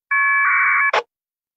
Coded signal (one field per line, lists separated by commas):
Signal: packet radio (AX.25, as in APRS)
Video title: Training: Oliver K6OLI NCS Net control LAX ARES Digital Net Voice VARA FM WINLINK PINPOINT APRS